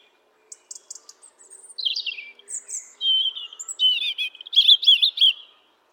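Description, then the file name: European robin delivering a tinkling, high-pitched phrase that starts with soft ticks and builds into fast, wavering warbles and trills. "Erithacus rubecula"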